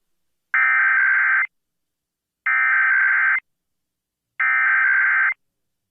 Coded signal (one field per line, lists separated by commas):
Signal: Emergency Alert System (SAME) tones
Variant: header bursts